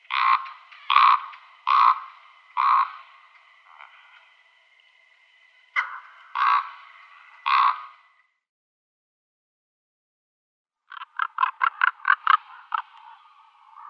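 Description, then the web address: Common raven giving harsh croaks in a loose series, then a quick burst of clipped, knocking notes after a pause. "Schulze Peter Common Raven"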